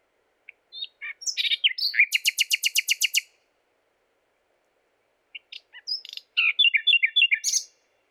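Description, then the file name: Common nightingale singing: a few scattered notes lead into a rapid, even series of about ten sharp repeated notes, then silence before another jumbled, chattering phrase. "Luscinia megarhynchos"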